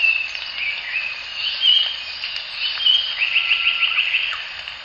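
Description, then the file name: Japanese paradise flycatcher singing short whistled notes that lead into a fast series of repeated slurred notes. Recorded at the Morito River. "サンコウチョウ 森戸川"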